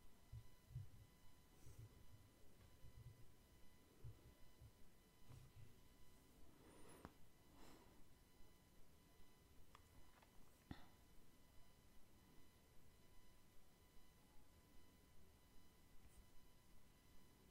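A soft, close-up massage or hair-brushing session with low, muffled rubbing and patting that comes in irregular bursts, busiest in the first six seconds. Brighter brushing strokes sweep through around seven to eight seconds, with a few sharp taps near eleven. A faint steady hum runs underneath throughout.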